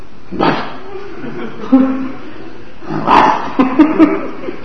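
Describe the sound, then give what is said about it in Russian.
A human voice imitates a small Bolonka lapdog's yapping in a few short, sharp, high bursts, grouped in two clusters with brief pauses between them. “Баллонка такая, маленькая такая, противная такая. Тяк-тяк-тяк и за дверь.”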